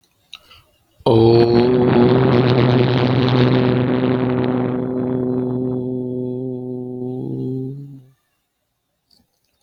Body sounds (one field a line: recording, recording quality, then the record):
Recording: sustained vowel as in boot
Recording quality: moderate, slight background noise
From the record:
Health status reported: healthy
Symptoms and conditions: cold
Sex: male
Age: 40 years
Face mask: worn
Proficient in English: yes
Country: India